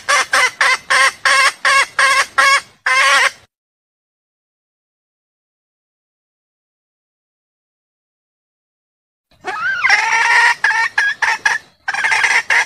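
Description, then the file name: Junglefowl giving a run of quick, harsh clucks, a long silence, then a rising squawk and more clucking. Female junglefowl calling to solicit mating. "suara ayam hutan betina minta kawin"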